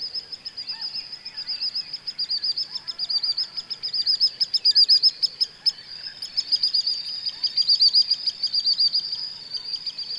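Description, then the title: Common sandpiper calling in long, fast, high trilled series of shrill notes, briefly pausing midway before resuming, with faint background noise. "Fluierar De Munte. Common Sandpiper (Actitis hypoleucos)"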